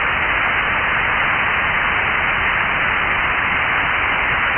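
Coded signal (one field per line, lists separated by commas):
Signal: Emergency Alert System (SAME) tones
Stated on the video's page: Amateur radio signal on 144.250 MHz USB, received on an Icom IC-9700 in southern California.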